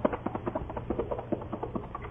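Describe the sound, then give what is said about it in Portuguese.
Rapid hoofbeats of a galloping horse carrying two riders pound out an uneven, rolling rhythm of dull thuds, steady in loudness throughout, with a low rumble underneath and no voices. “Ele montou logo o cavalo, me botou na garupa e fez o cavalo disparar numa carreira danada.”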